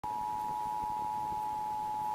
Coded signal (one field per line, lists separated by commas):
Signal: Emergency Alert System (SAME) tones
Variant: 853 and 960 Hz attention tone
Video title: Emergency Alert System: Tornado Warning (Chicago, IL) [2:24 P.M.]